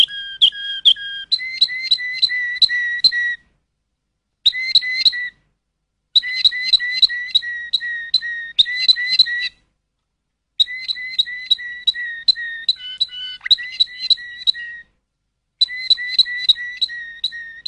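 Canary song: crisp two-pitched chirps repeated rapidly in bursts of a few seconds, separated by short silences.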